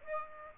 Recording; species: mosquito wingbeat signal from an infrared sensor; Aedes aegypti